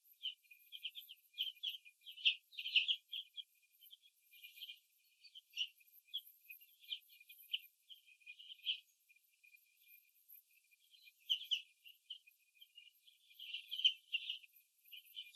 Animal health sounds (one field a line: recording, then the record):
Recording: young laying hens in a cage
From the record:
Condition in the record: before the stressor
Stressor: simulated dog barking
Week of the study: 2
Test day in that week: 3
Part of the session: 1